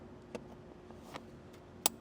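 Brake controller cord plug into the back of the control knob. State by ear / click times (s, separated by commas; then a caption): seated / 1.9 s. A plastic connector on the cord of a Redarc Tow-Pro Liberty brake controller, installed on a 2025 Acura MDX, is pushed into the back of the control knob. Faint ticks of handling sound at about 0.4, 0.9 and 1.2 s, then a sharp, bright click at 1.9 s as the connector seats into the knob.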